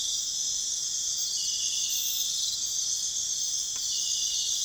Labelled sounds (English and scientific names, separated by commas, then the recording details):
none
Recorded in pastures near Puerto Asís, Putumayo, Colombia, on 29 June 2025 at 03:00
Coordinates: 0.502, -76.324
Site G010